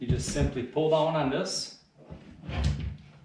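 Someone talks while pulling down on the aluminum frame of a Winice folding hand truck dolly to lock it open and extend the wheels. The frame lock and wheel deployment latch are only being handled here; nothing has seated or clicked yet.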